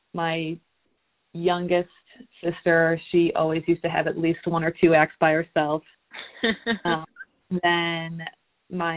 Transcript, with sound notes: my youngest sister she always used to have at least one or two acts by herself. (laughter) Then my…